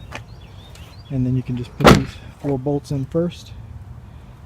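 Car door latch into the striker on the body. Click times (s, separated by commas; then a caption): 0.1 s. A junkyard door hung on a 98 Honda Civic Sedan EJ6 is held up and pushed shut so its latch catches into the striker on the body. A short, sharp latch hit sounds at 0.2 s, and the door is latched. Afterward, someone talks.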